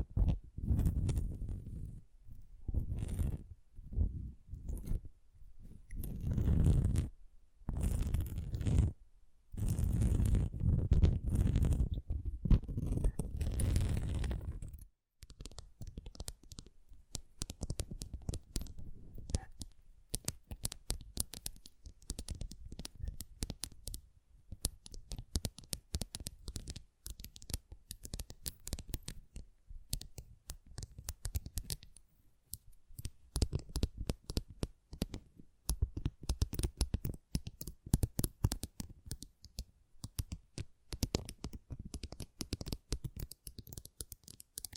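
An assortment of tingly sounds: low rumbling bursts with short pauses for fifteen seconds, then dense, rapid crisp scratching and tapping clicks.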